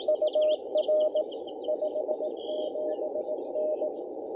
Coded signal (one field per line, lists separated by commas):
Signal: Morse code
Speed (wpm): 20 wpm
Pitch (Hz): 620 Hz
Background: none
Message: UR 57N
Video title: CW POTA W/Elecraft KH1